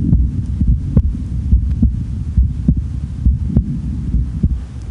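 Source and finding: Heart soundscape. Heartbeat.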